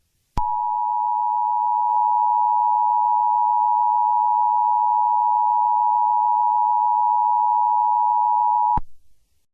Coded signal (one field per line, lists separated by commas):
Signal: Emergency Alert System (SAME) tones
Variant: 853 and 960 Hz attention tone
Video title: eas scenario I made #eas #emergency #usa #tornado #emergency